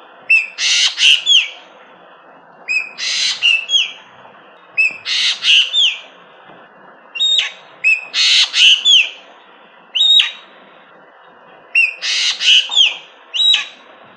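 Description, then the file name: Javan green magpie giving several similar phrases, each a cluster of harsh, scratchy squawks and clear whistled notes, with pauses between. Song variations. "variasi ekek geling"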